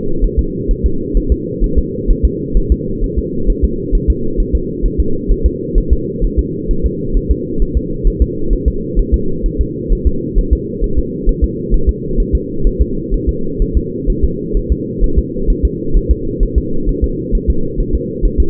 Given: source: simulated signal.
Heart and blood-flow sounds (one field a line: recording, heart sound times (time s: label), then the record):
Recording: fetal heart sounds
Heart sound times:
0.24 s: S1
0.39 s: S2
0.71 s: S1
0.86 s: S2
1.17 s: S1
1.32 s: S2
1.64 s: S1
1.78 s: S2
2.10 s: S1
2.25 s: S2
2.57 s: S1
2.72 s: S2
3.04 s: S1
3.19 s: S2
3.50 s: S1
3.65 s: S2
3.95 s: S1
4.10 s: S2
4.40 s: S1
4.55 s: S2
4.86 s: S1
5.00 s: S2
5.31 s: S1
5.46 s: S2
5.78 s: S1
5.93 s: S2
6.25 s: S1
6.39 s: S2
6.71 s: S1
6.86 s: S2
7.17 s: S1
7.31 s: S2
7.62 s: S1
7.77 s: S2
8.07 s: S1
8.22 s: S2
8.53 s: S1
8.68 s: S2
8.99 s: S1
9.14 s: S2
9.46 s: S1
9.61 s: S2
9.92 s: S1
10.07 s: S2
10.38 s: S1
10.53 s: S2
10.84 s: S1
10.99 s: S2
11.29 s: S1
11.44 s: S2
11.74 s: S1
11.89 s: S2
12.20 s: S1
12.35 s: S2
12.67 s: S1
12.82 s: S2
13.14 s: S1
13.29 s: S2
13.62 s: S1
13.77 s: S2
14.10 s: S1
14.25 s: S2
14.57 s: S1
14.72 s: S2
15.04 s: S1
15.19 s: S2
15.50 s: S1
15.65 s: S2
15.97 s: S1
16.11 s: S2
16.43 s: S1
16.58 s: S2
16.89 s: S1
17.04 s: S2
17.35 s: S1
17.50 s: S2
17.80 s: S1
17.95 s: S2
18.25 s: S1
18.40 s: S2
From the record:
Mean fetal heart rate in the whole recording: 130 bpm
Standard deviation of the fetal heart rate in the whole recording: 4 bpm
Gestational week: 38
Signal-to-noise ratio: -8.1 dB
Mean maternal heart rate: 72 bpm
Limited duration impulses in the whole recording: absent